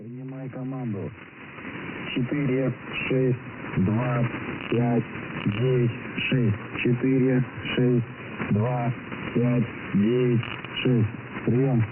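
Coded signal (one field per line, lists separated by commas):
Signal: coded military voice message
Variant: Russian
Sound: a voice reading short, evenly spaced words through a narrow, noisy radio channel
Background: radio static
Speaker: like the main buzzer the signal stopped from time to time to transmit voice messages also known as monoliths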